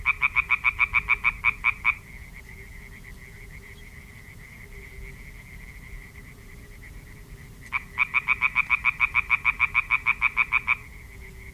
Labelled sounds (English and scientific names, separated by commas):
Common Tree Frog (Hyla arborea) call